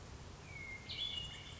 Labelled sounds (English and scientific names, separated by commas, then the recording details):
Hermit Thrush (Catharus guttatus)
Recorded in Sonoma County, California